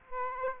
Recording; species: mosquito wingbeat signal from an infrared sensor; Aedes aegypti